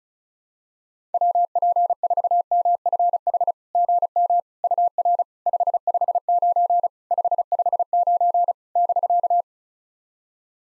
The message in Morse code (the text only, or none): WP4MFH GM UR 559 559 <BK>